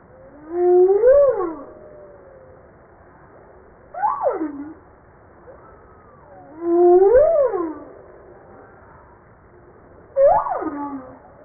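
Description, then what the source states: Humpback whale song alternating long rising-then-falling moans with shorter upswept cries that drop away, four units in all, with faint tonal sweeps between. Recorded 5 March 1994.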